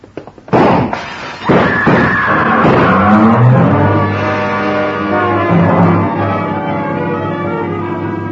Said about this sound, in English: Came from a car, double parked. First, I saw the pistol come out of the window. Then I dropped, and from a prone position, I heard the rest.